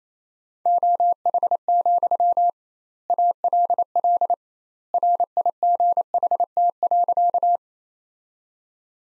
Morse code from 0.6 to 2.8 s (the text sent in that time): OH,